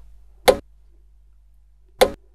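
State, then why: Seated. The handle assembly of a MALÅ Easy Locator Core is pushed firmly into the rough terrain cart frame, and its two levers are pressed down one after the other to lock it in place. Two sharp, loud clicks ring out at 0.5 s and 2.0 s, one per lever, with near silence between them. The handle assembly is seated and locked.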